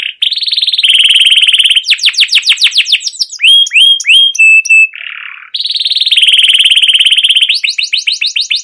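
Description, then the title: Canary song: loud, continuous chirping with buzzy trills, rapid descending sweeps and clear whistled notes, a brief pause, then more fast trills and sweeps. Long continuous chirping, used to provoke young canaries to sing. "CUIT CUIT NGEROL LANGSUNG GACOR PANJANG Kenari Ini AMPUH utk Pancingan KENARI PAUD BELAJAR BUNYI"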